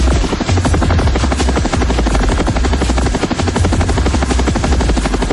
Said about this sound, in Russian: В вертолете заметили, что боец с рюкзаком сорвался с лестницы и камнем полетел вниз. Вертолет стремительно развернулся и стал снижаться.